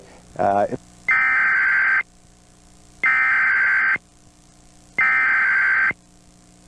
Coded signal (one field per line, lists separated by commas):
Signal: Emergency Alert System (SAME) tones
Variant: header bursts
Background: speech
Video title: The first ever recorded EAS alert